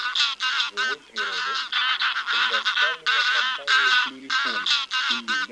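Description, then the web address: Greylag goose: greylag geese honking as a flock, harsh nasal calls overlapping in dense bursts with brief pauses between, several birds calling at once throughout. A flock of wild greylag geese calling together in a noisy gathering. "Гусь серый базар Oche Selvatiche"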